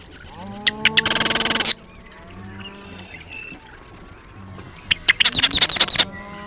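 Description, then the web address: Marsh wren singing twice, each song a short run of ticking notes leading into a dry, rapid, mechanical rattle, with faint low drawn-out calls in the background. "Marsh Wren Sounds --LNSCourse Cassette"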